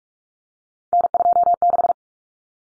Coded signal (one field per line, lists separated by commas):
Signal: Morse code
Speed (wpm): 44 wpm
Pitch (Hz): 700 Hz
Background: none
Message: N26